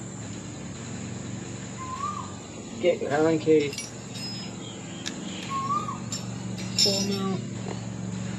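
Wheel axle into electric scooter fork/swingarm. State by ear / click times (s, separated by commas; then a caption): not seated / none. With the axle passed through and the key fetched, a tubeless-tyre wheel is fitted back into a Nami Klima electric scooter's fork/swingarm over a steady low background hum. Someone talks, and a few short handling knocks are heard. Nothing has seated or clicked yet; the wheel is not yet locked into place.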